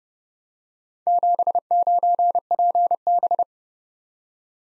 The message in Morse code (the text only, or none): 79PB